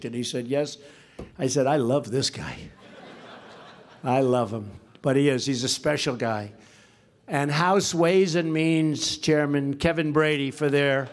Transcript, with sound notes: He said, “Yes.” I said, “I love this guy.” (Laughter.) I love him. But he is, he’s a special guy. And House Ways and Means Chairman Kevin Brady for their